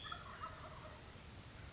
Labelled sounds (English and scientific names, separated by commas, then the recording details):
Wild Turkey (Meleagris gallopavo)
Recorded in Sonoma County, California